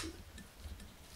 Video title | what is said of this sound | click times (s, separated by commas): Lets build a C64X Silent PC [Full parts & Tutorial] | maneuvers into place we push down the two clips have come up and locked into place | 0.4 s, 0.8 s